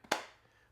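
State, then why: Seated. A natural titanium iPhone 16 Pro Max is pressed into a rugged leather case with a TPU inner frame. A faint tick at 0.0 s is followed by a sharp, solid click at 0.1 s that rings out and fades over about half a second. The phone is seated in the case with a satisfying click.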